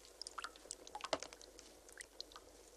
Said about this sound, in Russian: Крупные капли воды падают в таз. Кисть руки мальчика между прутьями изголовья кровати. На нее сверху капает вода, стекает по пальцам, капает в таз.